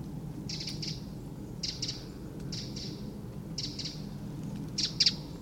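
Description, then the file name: Eurasian wren calls: sharp ticks given in pairs and triplets about once a second, clear above a low background rumble. "Troglodytes troglodytes"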